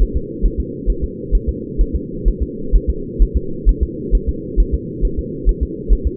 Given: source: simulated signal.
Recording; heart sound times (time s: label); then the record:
fetal heart sounds
0.02 s: S1
0.16 s: S2
0.45 s: S1
0.60 s: S2
0.90 s: S1
1.04 s: S2
1.35 s: S1
1.49 s: S2
1.81 s: S1
1.95 s: S2
2.28 s: S1
2.42 s: S2
2.75 s: S1
2.90 s: S2
3.22 s: S1
3.37 s: S2
3.69 s: S1
3.83 s: S2
4.15 s: S1
4.29 s: S2
4.60 s: S1
4.74 s: S2
5.05 s: S1
5.19 s: S2
5.49 s: S1
5.63 s: S2
5.92 s: S1
6.07 s: S2
From the record:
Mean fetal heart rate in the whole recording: 135 bpm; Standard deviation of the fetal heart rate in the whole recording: 3 bpm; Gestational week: 36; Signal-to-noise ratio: -4.3 dB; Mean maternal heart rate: 72 bpm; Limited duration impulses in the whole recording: present